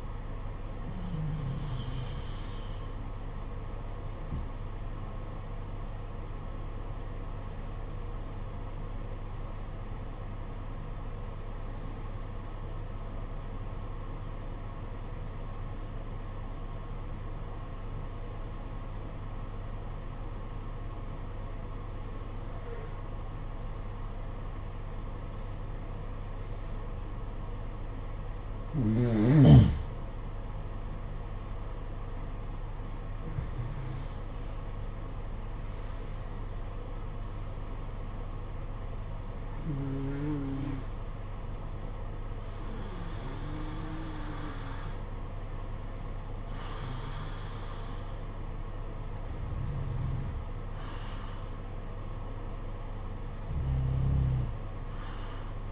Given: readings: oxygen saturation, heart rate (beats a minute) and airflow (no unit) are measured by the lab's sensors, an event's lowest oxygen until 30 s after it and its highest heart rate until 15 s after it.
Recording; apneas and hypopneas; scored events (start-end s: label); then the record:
breathing in sleep by a smartphone at the bedside; 1
4.00-28.30 s: hypopnea (N2, oxygen 95% highest, then 86% lowest, heart rate 60 at the start, 65 highest)
21.00-51.00 s: new sleep stage, N1 (lightest sleep)
51.00-55.72 s: new sleep stage, N2 (light sleep)
From the record:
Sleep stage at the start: N2 (light sleep); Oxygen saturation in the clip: 86 to 95%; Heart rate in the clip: 52 to 65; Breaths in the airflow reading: 14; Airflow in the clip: -11.6 to 12.1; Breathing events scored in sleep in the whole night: 476 in 9.7 hours asleep